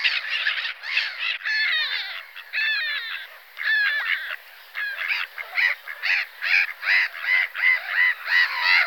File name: Racek chechtavy Chroicocephalus ridibundus